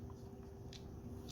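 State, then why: Not seated. The ankle rocker panel on a plastic Transformers Studio Series Age of Extinction Optimus Prime action figure is handled as it is closed toward the robot's foot. Faint, brief plastic ticks are heard at about 0.1 s, 0.8 s and 1.3 s over a low steady hum. The panel has not locked into place yet; nothing has seated or clicked.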